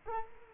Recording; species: mosquito wingbeat signal from an infrared sensor; Culex quinquefasciatus